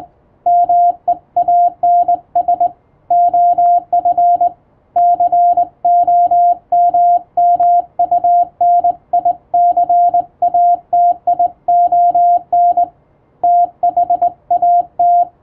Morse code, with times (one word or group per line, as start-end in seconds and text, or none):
0.5-2.7 MEANS
3.1-4.5 OF
5.0-12.8 COMMUNICATION
13.4-15.2 THAT